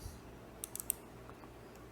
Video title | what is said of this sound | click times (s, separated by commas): 4. INSTRUMENTOS DA FÍSICA - Micrômetro | E aí Observe que eu vou apertar até fazer o barulhinho fez o barulhinho | 0.6 s, 0.8 s, 0.9 s